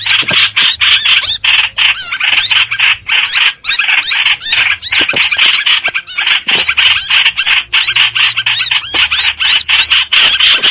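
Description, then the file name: Streak-eared bulbul excited distress chatter, scratchy squawks tumbling rapidly with brief gaps, agitated and continuous. Distress call given to summon the flock. "Tieng chim trao trao keu cuu goi bay"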